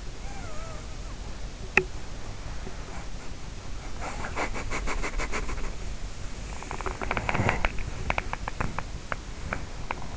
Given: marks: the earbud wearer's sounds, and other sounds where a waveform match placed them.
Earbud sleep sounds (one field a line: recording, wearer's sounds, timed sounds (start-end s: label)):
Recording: sounds in sleep by an in-ear microphone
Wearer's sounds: breath, body movement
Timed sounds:
0.00-3.02 s: breath
3.86-10.16 s: body movement